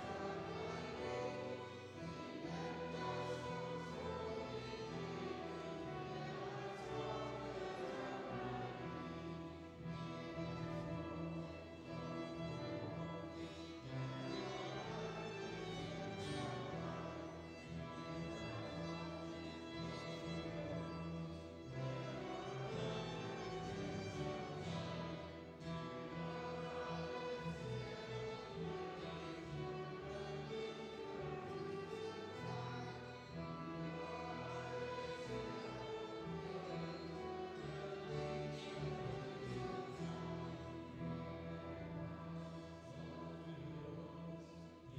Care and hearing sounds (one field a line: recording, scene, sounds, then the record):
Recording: everyday scene through a hearing-aid microphone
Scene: reverberant space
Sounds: music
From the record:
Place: church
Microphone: in the ear canal, left